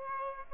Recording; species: mosquito wingbeat signal from an infrared sensor; Aedes aegypti